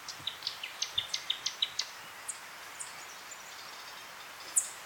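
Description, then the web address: Newtonia giving a rapid string of about ten thin, high ticks in under two seconds, followed by a few spaced single notes against a constant hissing background. "sound Newtonia. صدای-پرنده-نوآوا"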